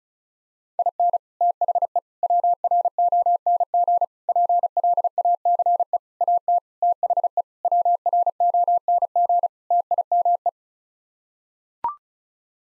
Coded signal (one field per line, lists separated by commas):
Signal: Morse code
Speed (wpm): 34 wpm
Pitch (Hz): 700 Hz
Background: none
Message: IN THE WRONG PLACE AT THE WRONG TIME